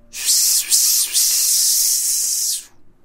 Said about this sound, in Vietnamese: Lúc mà niết bản khí nồng đậm xâm thực thể của huyết linh khôi thì trên thân thể của nó lập tức phát ra tiếng xèo xèo, sát khí càng tràn ra điên cuồng.